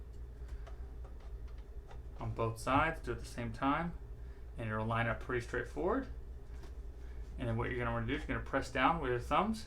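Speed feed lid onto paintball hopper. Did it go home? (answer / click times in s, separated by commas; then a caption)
no / none. A plastic Speed Feed lid is held sideways and its edges are lined up with the edges of an HK Army Speed paintball hopper on both sides before being pressed home, while someone talks. Only a few light ticks are heard, around 0.7 s and 1.1 s, with no snap. Nothing has seated or clicked into place yet.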